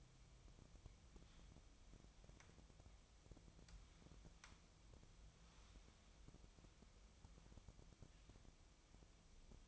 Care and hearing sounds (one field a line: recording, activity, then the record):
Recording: daily activity, microphone in the room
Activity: wipe stove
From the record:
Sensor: 1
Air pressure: 1004.8 hPa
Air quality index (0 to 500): 77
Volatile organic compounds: 2 ppm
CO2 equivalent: 1030 ppm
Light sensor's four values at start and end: 9/23/9/10 and 9/23/9/10